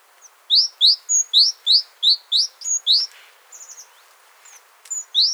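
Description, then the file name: Great tit calls: a run of about nine sharp upslurred chips at a steady quick pace with thin higher notes, then two more chips at the end. "Parus major"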